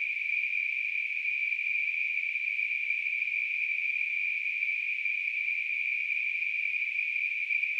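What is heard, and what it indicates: Simulated tinnitus: a steady, high-pitched, narrow-band hiss centred around 2.5 kHz, continuous and unchanging in loudness throughout.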